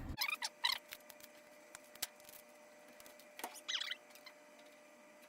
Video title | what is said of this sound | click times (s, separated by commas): Most Common Reason GE/Hotpoint Dryer Is Not Heating! | And it should just snap into place. | 2.0 s